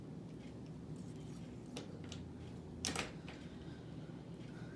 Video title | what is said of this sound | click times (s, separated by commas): GIVE YOUR MANUAL WHEELCHAIR POWER - SmartDrive & SMOOV | Clicks right into place. | 2.9 s